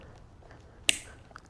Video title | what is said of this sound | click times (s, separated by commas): Newly Remapped ECU for the 2024 KTM 350 XW-F | You want to hear that click | 0.9 s